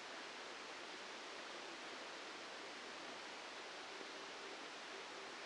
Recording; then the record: brain microelectrode recording played as sound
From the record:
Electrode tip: outside the subthalamic nucleus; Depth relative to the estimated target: 2 mm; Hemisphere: left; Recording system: NeuroSet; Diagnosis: Parkinson's disease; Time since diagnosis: 8 years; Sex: male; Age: 65 years